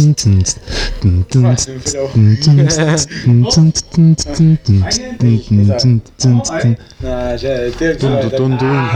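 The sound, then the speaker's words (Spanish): A voice imitates a goat's bleat in a run of wavering, quavering bursts, harmonic and nasal, repeating steadily for several seconds at a loud, even level. “Uno que les tira todo a cabra.”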